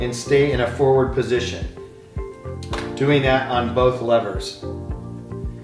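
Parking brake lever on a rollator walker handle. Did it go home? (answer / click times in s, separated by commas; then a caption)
yes / 2.6 s, 2.7 s. Holding the hand grip with one hand, someone pushes the parking brake lever on a rollator walker handle forward with the other hand until it clicks into the forward, locked position. Clicks are heard at 2.6 s and 2.7 s while someone talks over music. The brake lever is seated and locked.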